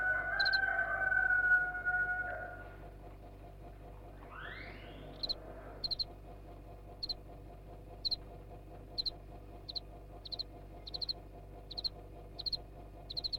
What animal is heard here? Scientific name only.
Acheta domesticus